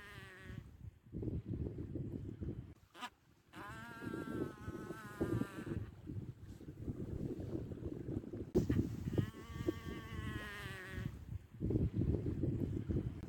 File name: Пірникоза Велика